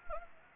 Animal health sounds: mosquito wingbeat signal from an infrared sensor; Anopheles gambiae

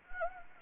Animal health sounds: mosquito wingbeat signal from an infrared sensor; Anopheles gambiae

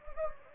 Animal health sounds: mosquito wingbeat signal from an infrared sensor; Anopheles gambiae

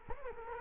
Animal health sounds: mosquito wingbeat signal from an infrared sensor; Culex quinquefasciatus

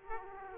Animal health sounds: mosquito wingbeat signal from an infrared sensor; Culex quinquefasciatus

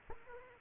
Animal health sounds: mosquito wingbeat signal from an infrared sensor; Culex quinquefasciatus

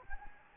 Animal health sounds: mosquito wingbeat signal from an infrared sensor; Anopheles gambiae

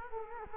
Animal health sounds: mosquito wingbeat signal from an infrared sensor; Culex quinquefasciatus

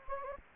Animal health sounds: mosquito wingbeat signal from an infrared sensor; Anopheles gambiae

